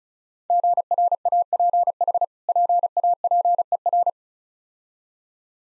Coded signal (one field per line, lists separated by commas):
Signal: Morse code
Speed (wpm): 36 wpm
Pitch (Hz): 700 Hz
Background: none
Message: GRAPH PAPER